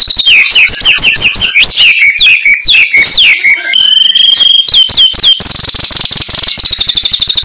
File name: suara burung murai terbaik